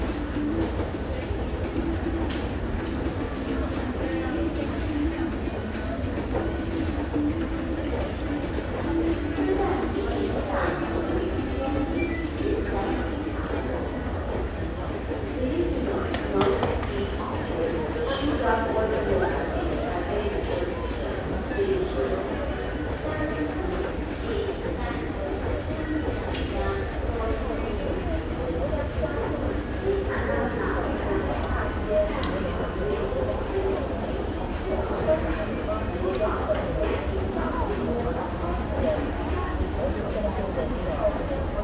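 A Taipei metro ride carries a steady low rumble of the train under continuous murmured conversation, with occasional brief clicks and clanks.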